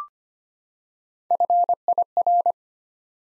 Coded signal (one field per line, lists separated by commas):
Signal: Morse code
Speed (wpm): 25 wpm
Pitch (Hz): 700 Hz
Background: none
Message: FIR